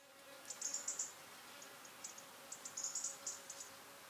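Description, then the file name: European robin giving short, very high ticking notes in two quick bursts of several notes, about a second and a half apart, with a few single ticks in between. "Erithacus rubecula"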